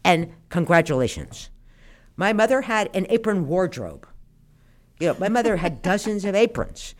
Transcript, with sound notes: and congratulations. My mother had an apron wardrobe.
(Laughter).
You know, my mother had dozens of aprons.